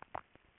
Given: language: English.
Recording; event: throat vibration sensor signal played as sound; swallow